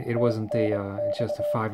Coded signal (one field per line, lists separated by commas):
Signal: Morse code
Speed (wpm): 24 wpm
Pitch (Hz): 590 Hz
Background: speech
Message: TNX